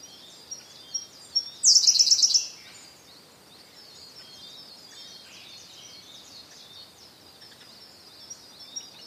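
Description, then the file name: Siberian blue robin: a few soft ticks, then one loud, rapid, high trill, followed by several quiet seconds. "koruri"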